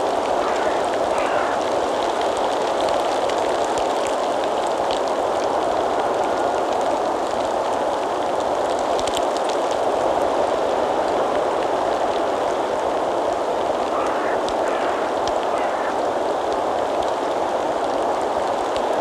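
Wind and rain make a steady, dense hiss that holds at an even level for the whole stretch, strongest in the middle range and thin at the low end. Brief faint chirps or squeaks surface near the start and again around fourteen seconds.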